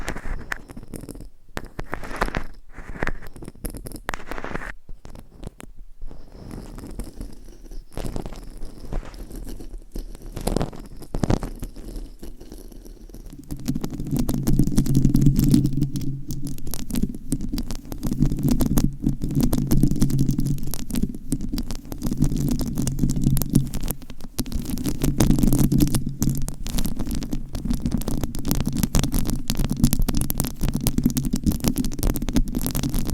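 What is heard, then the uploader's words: Scratching and tapping on a microphone, with dense crackly scrapes and quick taps in the first half. Around 13 seconds the sound gets louder and fuller, adding a steady low rumbling hum under continuous scratchy friction that lasts to the end. ASMR Mic Scratching - Brain Scratching & Tapping with Rhinestones on Mic Asmr No Talking.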